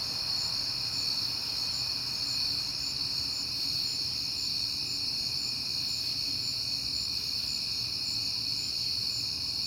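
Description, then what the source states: Crickets chirping nonstop in a high, steady, shimmering chorus; faint low background rumble. Crickets heard often in September; recorded at night on a peaceful night.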